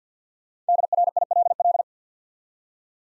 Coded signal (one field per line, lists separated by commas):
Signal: Morse code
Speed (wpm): 50 wpm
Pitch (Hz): 700 Hz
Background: none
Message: DRILL